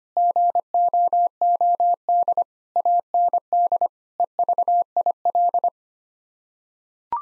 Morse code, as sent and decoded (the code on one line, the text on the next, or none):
--. --- --- -.. / .- -. -.. / . ...- .. .-..
GOOD AND EVIL